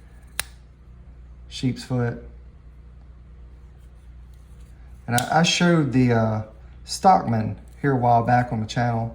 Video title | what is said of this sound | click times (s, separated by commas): Knife Collecting & A Knockout Mail Call! | of lot of good snap on that blade. | 0.4 s